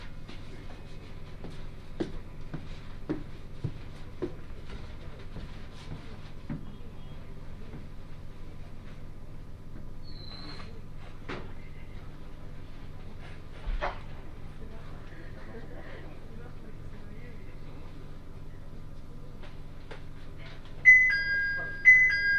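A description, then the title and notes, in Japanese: A ride on the Tohoku Main Line down train from Kitakami toward Morioka. A steady low rumble runs throughout, with scattered clicks and knocks and a brief faint tone near the ten-second mark. Near the end, louder bright chime-like tones ring out. 東北本線下り 北上→盛岡。701系4両編成。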